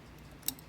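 The small plastic bobbin cover of a vintage Sears Kenmore Model 15812000 sewing machine slides back into its slot in the machine bed over a low steady background hum. A sharp, bright tick comes at 0.5 s and a faint second tick at 0.6 s as the cover seats back in place.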